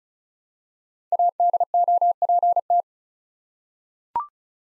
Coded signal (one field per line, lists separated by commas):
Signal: Morse code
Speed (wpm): 36 wpm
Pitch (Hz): 700 Hz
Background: none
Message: ADOPT